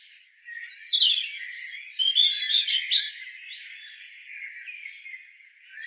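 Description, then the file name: European robin giving a bright, tumbling phrase of high whistles and rapid twitters lasting about two seconds, followed by quieter twittering. "Erithacus rubecula"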